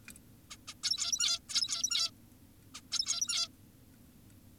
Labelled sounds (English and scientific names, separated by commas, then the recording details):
Zebra Finch (Taeniopygia guttata)
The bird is an adult
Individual g17y2U